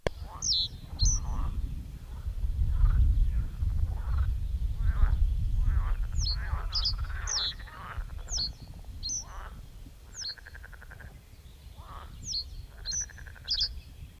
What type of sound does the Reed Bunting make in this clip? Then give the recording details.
song. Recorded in the wild. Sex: male. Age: adult. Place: Höhbeck, OT Restorf, Niedersächsische Elbtalaue, Niedersachsen, DE. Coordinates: 53.0414, 11.4453. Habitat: floodplain. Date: 1969-05-26. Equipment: Uher 4000 Report-S, Bändchenmikro Beyer M 260, Parabolspiegel Polyester (470 mm). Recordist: Conrads, Klaus. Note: 26. und 27. Mai 1969. Teilweise Windgeräusche